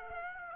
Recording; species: mosquito wingbeat signal from an infrared sensor; Aedes aegypti